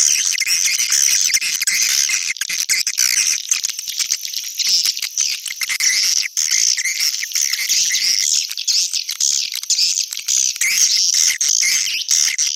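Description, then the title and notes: Swiftlets chattering in a dense, continuous high twittering chorus of many overlapping chirps. Swiftlet calls associated with swiftlet farming in Asia. "Swiflet Bird Sound. Farming Swiflet Bird asia sound"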